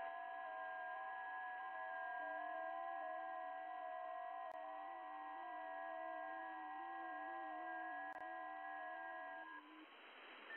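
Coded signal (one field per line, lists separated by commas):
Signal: FT8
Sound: several steady warbling tones at once, each shifting pitch slightly, over hiss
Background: radio static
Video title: FT8 digi mode 17m - 18.100 MHz SWLing \ WebSDR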